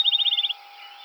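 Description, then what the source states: Field sparrow song ending: a fast, even trill of high whistled notes lasting about half a second, then quiet background hum. Recorded 7 July 2007.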